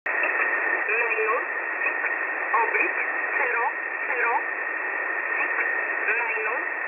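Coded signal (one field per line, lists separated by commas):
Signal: numbers station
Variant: E11 Oblique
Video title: E11 Oblique 03/10/2022 1045 UTC 7317kHz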